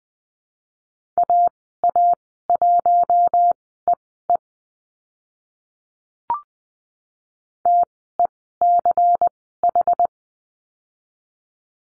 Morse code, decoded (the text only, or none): AA1EE TECH